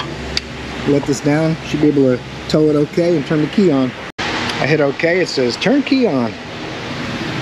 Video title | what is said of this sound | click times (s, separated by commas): ELANTRA A/C, BUICK A/C, XTERRA BOOSTER, RAM TRANSMISSION, A DAY IN THE AUTO REPAIR SHOP No.310 | you'll hear it click now it's in don't forget your flashlight | 0.4 s